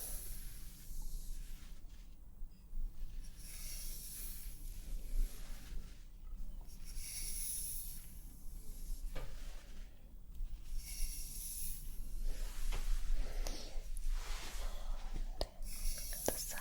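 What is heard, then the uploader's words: Hair-treatment sounds with soft, hissing bursts that swell and fade every second or two, bright and airy like spraying or brushing through hair. A low steady hum sits underneath throughout, and a few sharp clicks come near the end. ASMR Scalp Treatment + Hair Wash Roleplay Massage, Layered Sounds & Hair Brushing for Sleep.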